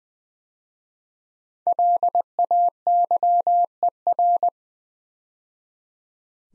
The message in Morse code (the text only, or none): LAYER